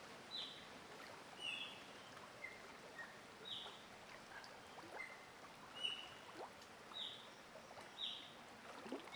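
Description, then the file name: Bird singing short whistled notes every second or two, shifting between higher and lower pitches, against constant stream noise. Singing in a forest near a stream. "Passaro cantando na floresta riacho perto"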